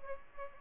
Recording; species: mosquito wingbeat signal from an infrared sensor; Aedes aegypti